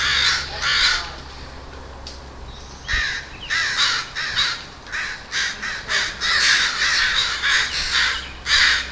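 Crows giving harsh repeated caws, a rapid string of overlapping calls with a short lull early on before the cawing resumes strongly.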